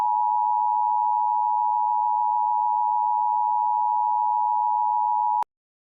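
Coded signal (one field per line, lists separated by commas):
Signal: Emergency Alert System (SAME) tones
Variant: 853 and 960 Hz attention tone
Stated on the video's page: Fake, custom-made New York City Severe Thunderstorm Warning using valid EAS tones.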